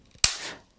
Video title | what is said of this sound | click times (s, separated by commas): RAM Mount Garmin nuvi 1690 Cradle: Overview (RAM-HOL-GA37) @ gpscity.com | until it clicks there we have it the gps is now in the cradle these pins are all connected at the bottom | 0.2 s